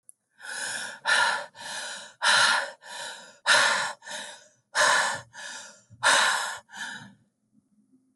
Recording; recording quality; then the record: shallow breathing; excellent, no background noise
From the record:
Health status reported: respiratory illness, not identified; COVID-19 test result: negative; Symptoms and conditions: cough, asthma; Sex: female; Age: 46 years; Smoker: not ticked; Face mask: not worn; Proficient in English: yes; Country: France